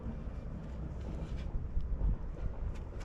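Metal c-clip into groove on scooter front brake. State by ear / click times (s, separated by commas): not seated / none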